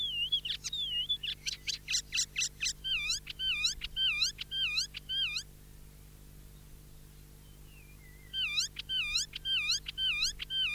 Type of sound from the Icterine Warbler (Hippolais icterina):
song